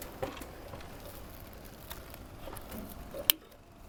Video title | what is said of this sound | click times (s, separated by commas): Magnolia Motorized Retractable Screen - Surface Mount Installation | And when you hear that click, you know that the motor side is securely fastened. | 3.3 s